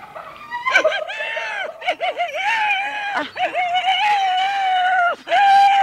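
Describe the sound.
A person imitates a hyena with a steady run of high, wavering whoops and yelping giggles whose pitch wobbles up and down. It is fairly loud, with only brief breaks for breath.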